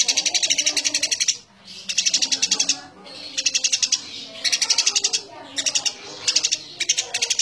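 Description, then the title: Eurasian tree sparrow giving fast repeated high chirps in short bursts separated by brief pauses, with softer lower whistles in the background. Dense, rapid chattering song (gacor nyecret rapat); a training recording for cage birds. "Burung Gereja Gacor Nyecret Rapat !!! Masteran Burung Murai Batu Medan, Cucak Ijo"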